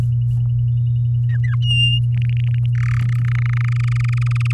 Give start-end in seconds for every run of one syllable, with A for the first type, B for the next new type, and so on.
0.00-0.01 A, 1.29-1.55 B, 1.60-2.00 C, 2.14-2.66 D, 2.75-3.06 E, 3.09-4.53 F